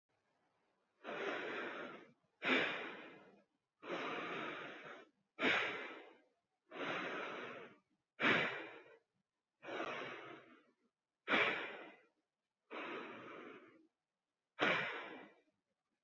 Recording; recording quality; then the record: deep breathing; excellent, no background noise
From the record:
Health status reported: healthy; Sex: female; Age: 20 years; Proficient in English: yes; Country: India